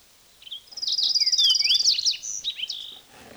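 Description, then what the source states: Fox Sparrow sounds: a rich run of high slurred whistles and buzzy trills lasting about two and a half seconds. A mixture of fox sparrow sounds.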